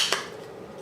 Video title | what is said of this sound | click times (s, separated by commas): The 22 Magnum Kel-Tec PMR-30 - Futuristic Fun! | slides in very easily and locks in place | 0.1 s